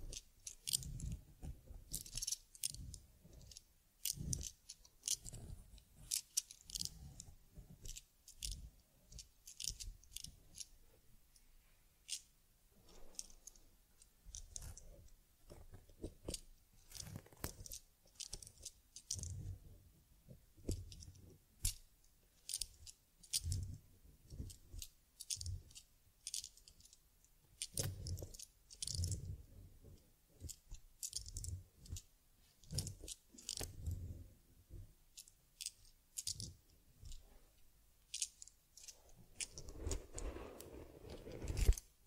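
Teddy bear grooming: a steady run of short brushing, scratching and tapping sounds on fur and fabric, dense and irregular throughout. Many crisp, bright clicks mix with soft low thumps, and near the end a rustling, smoother rubbing passage briefly takes over.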